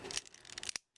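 A plastic tank-section panel on the back of a transforming Megatron action figure is pushed together after one of its tabs came loose. Dry plastic scraping and rubbing build up, then sharp clicks at 0.7 s and 0.8 s as the tabs snap into place. The section holds, followed by a brief silence and faint handling noise.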